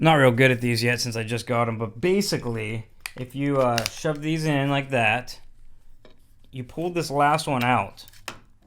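Someone talks while handling a folding carbon trekking pole, setting its sections together and pulling out the last telescoping section, with a few faint clatters of the pole parts. Nothing has seated or clicked yet; the clip ends just before the section locks into place by tensioning its internal cord.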